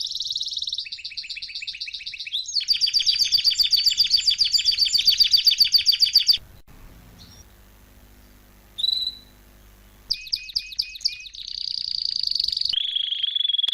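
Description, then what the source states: Canary song of long fast trills that change tempo, a brief pause with a single whistled note, then more rolling trills and a smooth buzzy phrase. Belgian canary, male singing a lot; used to warm up young birds.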